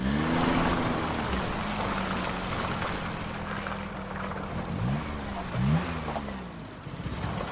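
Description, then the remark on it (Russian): A car engine runs steadily with a low, rumbling hum as the vehicle reverses, the revs briefly rising and dipping twice near the end. No one speaks. “Машина сдает назад.”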